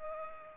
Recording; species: mosquito wingbeat signal from an infrared sensor; Culex pipiens